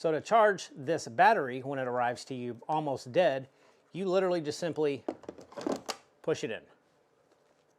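A nearly dead detachable battery pack for a Change Moore portable electric cooler is being pushed into its slot on the cooler to charge it, where its pin connector lines up with the cooler's contacts. Someone talks throughout, with two brief sharp handling sounds near 5.5 and 5.9 seconds before the clip falls quiet. The clip ends before the pack goes home, so nothing has seated or clicked yet.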